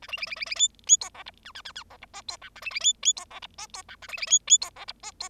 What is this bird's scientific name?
Lonchura striata domestica